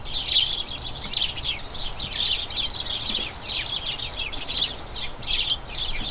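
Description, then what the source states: House sparrow chatter, repeated bursts of bright chirps from several birds, overlapping steadily. About a dozen house sparrows, a colony, chattering incessantly in a small front garden as crocuses bloom, excitement signalling the colony turning toward the breeding season.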